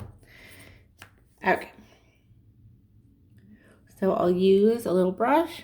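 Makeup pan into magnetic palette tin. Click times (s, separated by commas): 1.0 s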